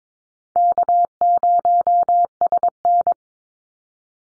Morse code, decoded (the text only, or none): K0SN